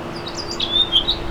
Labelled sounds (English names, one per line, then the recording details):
House Finch song
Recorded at Merrick on Long Island, New York, on 17 May 2013
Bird B